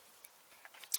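A spring steel retaining clip is fitted onto the brake caliper of a 2012 BMW 1 Series during a brake change. A few small ticks are followed by a louder, sharp snap at 0.9 s as the clip seats in place.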